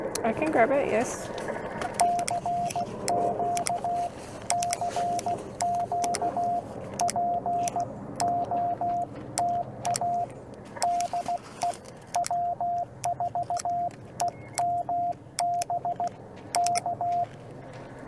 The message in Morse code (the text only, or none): EEE CQ CQ POTA DE W4EMB K